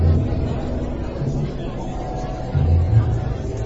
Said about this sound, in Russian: Скитания его продолжились, пока в сгущавшейся темноте не различил он толпу, говоры и крики.